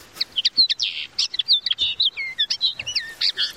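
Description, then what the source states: Common linnet song, a fast jumble of twittering, buzzy and whistled notes with quick rising and falling slurs, continuing throughout. Played as a learning example; likened to the chirping of a sci-fi robot.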